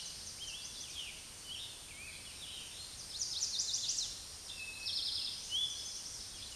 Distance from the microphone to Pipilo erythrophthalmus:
about 35 m